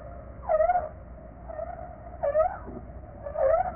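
Whale calls: three wavering tonal moans with harmonics, each about half a second long and spaced roughly one to two seconds apart, over low rumbling noise.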